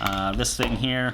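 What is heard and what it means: A six-cell AA battery tray loaded with new Duracell batteries is handled at the back of an Icom IC-V80 handheld VHF radio while someone talks over it. The tray has not seated or clicked onto the radio yet.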